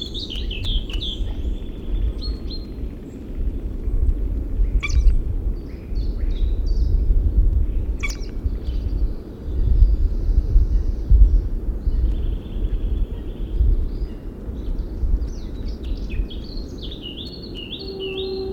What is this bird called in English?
European Starling